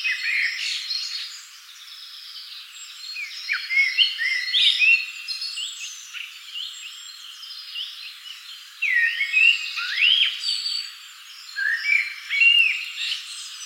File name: Turdus merula